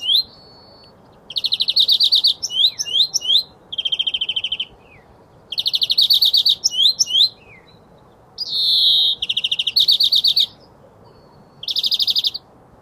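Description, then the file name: European greenfinch song of fast, rattling trills and twitters in several phrases with short pauses between them, including one longer buzzy note in the second half, over quiet background. "Chloris chloris"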